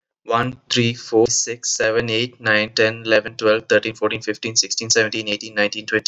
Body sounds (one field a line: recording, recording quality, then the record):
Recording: counting at a fast pace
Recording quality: excellent, no background noise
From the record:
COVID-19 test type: RT-PCR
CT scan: not taken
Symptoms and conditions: none ticked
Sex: male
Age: 31 years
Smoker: no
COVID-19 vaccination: both doses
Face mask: not worn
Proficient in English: yes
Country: India